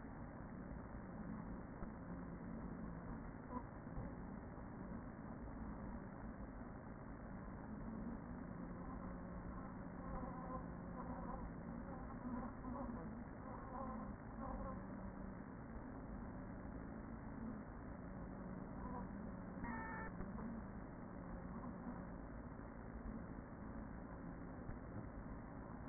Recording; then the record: honeybee colony, microphone inside the hive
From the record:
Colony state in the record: queen present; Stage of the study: after two queens were removed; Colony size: about 40,000 bees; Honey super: no